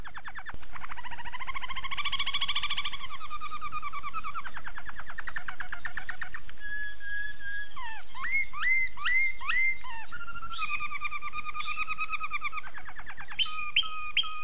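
Domestic canary song without pause: rapid rolling trills, a flat whistled note, a burst of looping down-slurred notes, then more trills and quick chirps.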